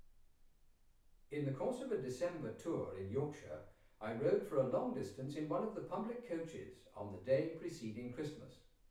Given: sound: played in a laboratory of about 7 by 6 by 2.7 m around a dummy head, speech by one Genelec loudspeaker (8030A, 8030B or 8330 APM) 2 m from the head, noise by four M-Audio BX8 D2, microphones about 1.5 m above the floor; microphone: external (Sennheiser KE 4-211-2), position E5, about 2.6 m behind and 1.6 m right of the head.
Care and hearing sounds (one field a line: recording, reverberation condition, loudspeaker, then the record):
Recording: male speech in English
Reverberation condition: medium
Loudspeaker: 90 degrees to the left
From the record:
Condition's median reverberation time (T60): about 510 ms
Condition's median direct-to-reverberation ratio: about -0.5 dB